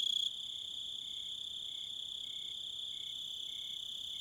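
Cricket song: a constant shrill high trill with soft, lower chirps pulsing regularly.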